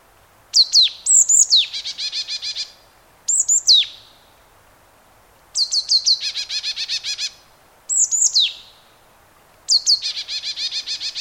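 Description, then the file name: Marsh tit calling: clear high swooping notes, some leading into buzzy rattles, about five phrases separated by short pauses, quiet background. "Poecile palustris"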